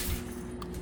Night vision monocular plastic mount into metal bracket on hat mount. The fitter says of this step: Oh shit, it already clicked into place.